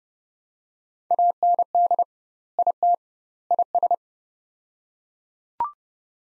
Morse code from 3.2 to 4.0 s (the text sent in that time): IS